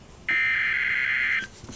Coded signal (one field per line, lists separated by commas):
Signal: Emergency Alert System (SAME) tones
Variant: header bursts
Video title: Severe Thunderstorm Warning #2 (EAS #340)